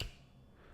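A plastic five-blade Gillette Venus Swirl Extra Smooth razor cartridge is slid onto the connector of a Venus razor handle until it snaps into place. A single sharp snap is heard at 0.0 s, followed by quiet low-level noise. The cartridge is seated on the handle.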